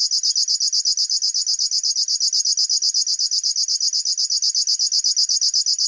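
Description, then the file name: River warbler song, a mechanical rasping buzz of fast regular pulses, continuous and high, like a sewing machine. "Schlagschwirl - Locustella fluviatilis"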